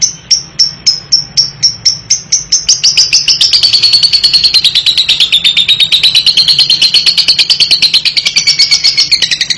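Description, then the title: Lovebird song: evenly spaced high chirps that speed up into a long, rapid, continuous chattering twitter with wavering pitch. Masteran training recording for very young (paud) and young lovebirds, meant to prompt them to answer and take up rapid 'ngetik' chattering. "MASTERAN KHUSUS UNTUK LOVEBIRD PAUD DAN MUDA, PASTI LANGSUNG NYAUT LABET PAUDNYA IKUT NGETIK"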